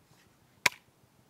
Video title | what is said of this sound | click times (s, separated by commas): Evacuer l'eau de la maison: les outils électriques (inondations légères) | c'est assez simple, ça se clipse de cette manière. | 0.7 s